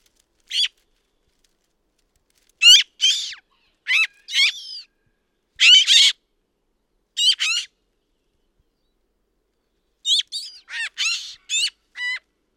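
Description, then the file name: Eurasian magpie giving harsh, scratchy calls, single notes and short groups spaced irregularly, ending in a quick cluster of rasping notes, against silence. "Pica pica"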